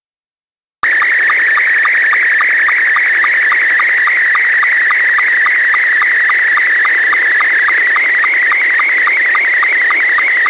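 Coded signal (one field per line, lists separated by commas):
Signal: SSTV (slow-scan television)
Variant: Scottie 2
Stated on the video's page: Live stream of amateur repeaters on 145.390 and 146.700.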